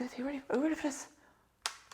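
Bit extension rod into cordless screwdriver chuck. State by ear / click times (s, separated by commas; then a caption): seated / 1.7 s. Someone talks, then a bit extension rod is pushed into the chuck of a small Fanttik NEX L1 cordless screwdriver and clicks sharply into place at 1.7 s, followed by a fainter tick at 1.9 s. The rod is seated and locked with no screwing needed.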